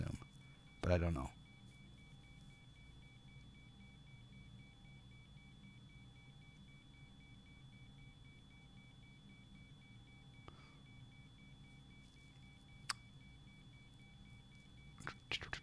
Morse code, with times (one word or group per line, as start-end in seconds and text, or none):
none